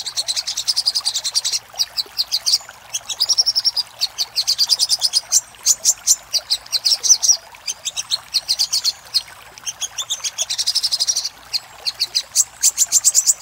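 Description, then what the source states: Little spiderhunter with long, lively sequences of piercing high chips and trills, the rhythm shifting between steady pulses and rapid bursts. Masteran (master recording) for training caged songbirds, titled Labaik.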